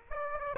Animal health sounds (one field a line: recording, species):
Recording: mosquito wingbeat signal from an infrared sensor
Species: Aedes aegypti